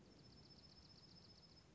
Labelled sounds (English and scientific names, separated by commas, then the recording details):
Dark-eyed Junco (Junco hyemalis)
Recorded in Sonoma County, California